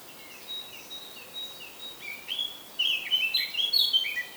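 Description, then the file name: Eurasian blackcap song: soft, thin twittering notes give way to a louder, quicker warbled phrase near the end, with light background hiss. "Sylvia atricapilla"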